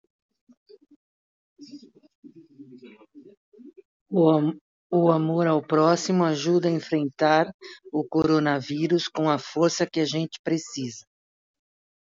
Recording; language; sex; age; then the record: spoken sentence; Brazilian Portuguese; female; 60 to 69 years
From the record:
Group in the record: control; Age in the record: 61 years